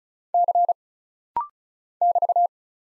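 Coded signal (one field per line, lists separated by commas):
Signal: Morse code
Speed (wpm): 36 wpm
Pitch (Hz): 700 Hz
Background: none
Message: C <BT>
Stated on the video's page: Rapid-fire Morse drill of single letters, numbers, punctuation and prosigns at 35 wpm for instant character recognition.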